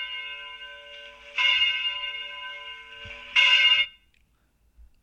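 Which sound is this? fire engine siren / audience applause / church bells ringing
church bells ringing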